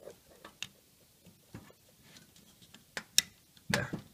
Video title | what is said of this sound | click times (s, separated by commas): Photon Pc Build tutorial | hear a little click and it's in | 3.2 s